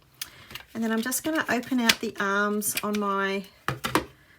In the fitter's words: the housing bracket there until it clicks